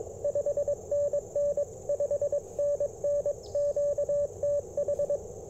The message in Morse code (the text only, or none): 5NN 5NN QTH